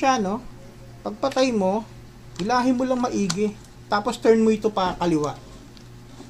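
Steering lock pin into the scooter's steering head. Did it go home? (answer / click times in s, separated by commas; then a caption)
no / none. Someone talks while handling a Euromotors Samurai 155 scooter, turning the handlebar fully left with the key turned to lock so the steering lock pin can go into the steering head. A couple of faint short ticks come near the end, but the steering lock pin has not engaged or clicked yet.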